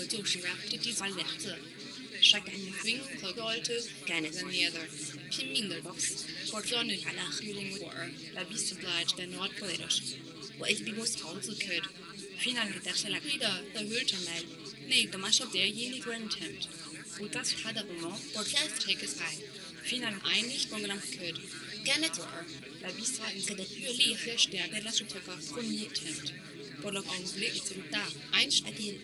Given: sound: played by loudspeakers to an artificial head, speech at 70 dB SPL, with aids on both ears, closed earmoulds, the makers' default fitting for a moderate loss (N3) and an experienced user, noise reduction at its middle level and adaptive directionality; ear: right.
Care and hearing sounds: speech test signal (ISTS) in cocktail-party noise; 0 dB; on the right (90 degrees)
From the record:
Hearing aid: class 2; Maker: J

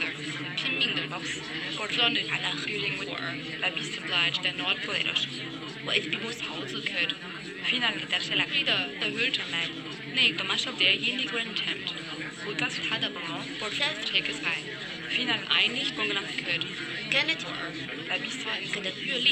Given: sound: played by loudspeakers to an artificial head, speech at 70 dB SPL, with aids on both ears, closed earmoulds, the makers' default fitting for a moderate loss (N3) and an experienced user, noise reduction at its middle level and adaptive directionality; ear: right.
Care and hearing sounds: speech test signal (ISTS) in cocktail-party noise; -6 dB; in front (0 degrees)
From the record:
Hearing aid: class 1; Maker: C

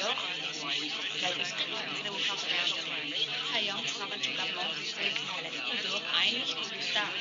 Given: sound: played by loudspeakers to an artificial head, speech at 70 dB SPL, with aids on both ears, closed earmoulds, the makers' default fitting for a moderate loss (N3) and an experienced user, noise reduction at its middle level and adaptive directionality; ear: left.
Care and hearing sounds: speech test signal (ISTS) in cocktail-party noise; -3 dB; in front (0 degrees)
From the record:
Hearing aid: class 1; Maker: G

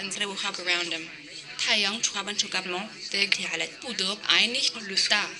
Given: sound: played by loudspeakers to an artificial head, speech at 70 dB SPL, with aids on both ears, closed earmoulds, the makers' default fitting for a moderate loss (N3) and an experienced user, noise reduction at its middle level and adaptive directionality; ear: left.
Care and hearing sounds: speech test signal (ISTS) in cocktail-party noise; +9 dB; in front (0 degrees)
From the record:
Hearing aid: class 1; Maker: B

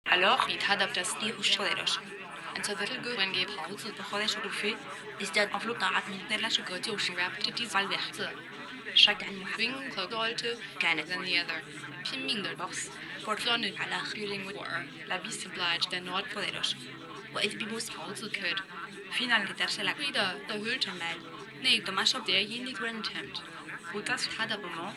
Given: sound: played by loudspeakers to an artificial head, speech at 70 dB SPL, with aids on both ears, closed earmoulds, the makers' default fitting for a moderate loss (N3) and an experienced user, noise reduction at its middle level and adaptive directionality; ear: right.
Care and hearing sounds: speech test signal (ISTS) in cocktail-party noise; 0 dB; on the right (90 degrees)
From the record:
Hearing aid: class 1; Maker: E

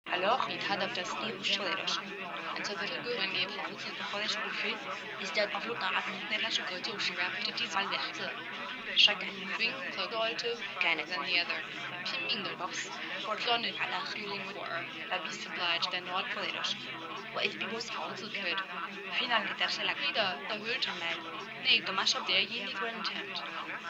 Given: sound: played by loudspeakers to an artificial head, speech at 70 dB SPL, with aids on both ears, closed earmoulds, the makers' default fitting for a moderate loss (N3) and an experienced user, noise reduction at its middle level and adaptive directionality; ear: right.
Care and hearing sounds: speech test signal (ISTS) in cocktail-party noise; -6 dB; on the right (90 degrees)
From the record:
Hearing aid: class 1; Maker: F

